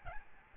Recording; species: mosquito wingbeat signal from an infrared sensor; Aedes albopictus